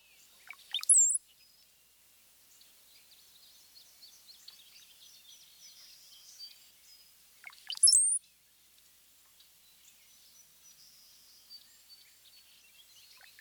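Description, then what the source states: Brown-headed Cowbird song: twice a brief bubbly burst ends in a thin, very high whistle, about seven seconds apart, with faint high twittering between. Song of a high-pitched Z note combined with a diagnostic bubbly sound, rendered as bubble, bubble, Z.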